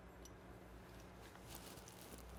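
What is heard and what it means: A trigger and its axis are dropped by hand into the frame of a Kel-Tec P11 pistol and pressed in while fitting a trigger return spring kit. Soft handling noise over a steady low hum is broken by faint sharp ticks near 1.4, 1.6 and 1.9 seconds. Nothing has seated or clicked into place yet.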